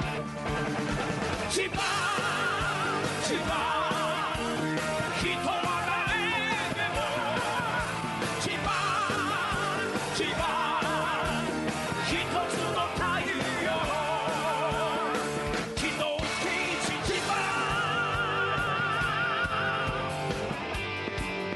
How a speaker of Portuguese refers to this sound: Porque o cantor que tá cantando aquela música, cara, ele não tem intenção nenhuma a não ser estourar seus tímpanos. Não, parece que ele tá no banheiro, porque ele berra, ele não grita, ele não canta, ele berra. É pior que metal.